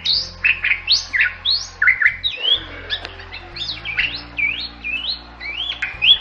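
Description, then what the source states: Bali myna song of varied whistles and squawks, with rising and falling slurred notes delivered in quick succession and brief pauses, against a steady low hum. Bali myna with a unique voice, used for training songbirds for contests.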